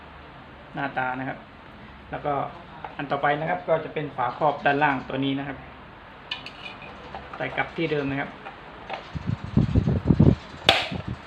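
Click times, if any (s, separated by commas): 10.7 s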